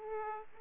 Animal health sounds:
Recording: mosquito wingbeat signal from an infrared sensor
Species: Aedes aegypti

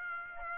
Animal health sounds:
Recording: mosquito wingbeat signal from an infrared sensor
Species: Aedes aegypti

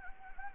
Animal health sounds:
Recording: mosquito wingbeat signal from an infrared sensor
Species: Anopheles gambiae

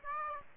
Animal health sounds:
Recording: mosquito wingbeat signal from an infrared sensor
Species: Aedes aegypti

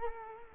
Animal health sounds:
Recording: mosquito wingbeat signal from an infrared sensor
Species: Culex quinquefasciatus

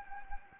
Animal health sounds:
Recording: mosquito wingbeat signal from an infrared sensor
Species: Anopheles gambiae

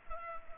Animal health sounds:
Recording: mosquito wingbeat signal from an infrared sensor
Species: Culex pipiens

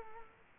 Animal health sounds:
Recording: mosquito wingbeat signal from an infrared sensor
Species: Culex quinquefasciatus

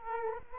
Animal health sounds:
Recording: mosquito wingbeat signal from an infrared sensor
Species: Culex quinquefasciatus

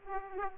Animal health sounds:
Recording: mosquito wingbeat signal from an infrared sensor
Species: Aedes aegypti

